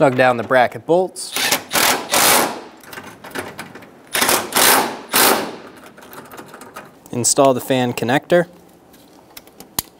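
Someone talks while the plastic electrical connector for the radiator fan on a 2010-2014 Subaru Outback is pushed onto its mating plug on the fan motor; the connector's plastic stay is broken. Bursts of broad noise and a few small ticks come between the talking, then a sharp, loud click at 9.8 s marks the connector seating.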